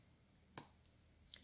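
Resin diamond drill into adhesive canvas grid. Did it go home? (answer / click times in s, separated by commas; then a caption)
yes / 0.6 s, 1.3 s. Resin diamond drills are pressed onto an adhesive diamond-painting canvas grid, and placing a neighbouring drill pushes a crooked drill straight. Small, sharp clicks are heard at 0.6 s and 1.3 s over a quiet background. The crooked drill snaps into line and seats.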